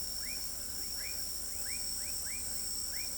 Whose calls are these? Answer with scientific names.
none